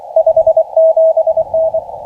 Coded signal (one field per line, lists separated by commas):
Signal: Morse code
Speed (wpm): 22 wpm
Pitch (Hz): 660 Hz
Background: radio noise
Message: 57N